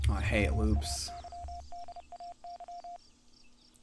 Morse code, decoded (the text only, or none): MAYDAY